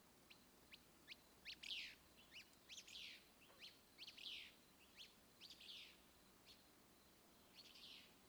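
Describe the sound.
Willow flycatcher song: short sharp high chirps and buzzy slurred notes, irregularly repeated, some overlapping, with quiet background.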